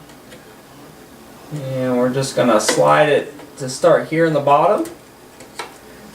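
A RAM module's notch is lined up with the key in the motherboard DIMM slot before it starts to slide in. Someone talks over faint ticks and a brief tap near 5.6 s. Nothing has seated or clicked yet.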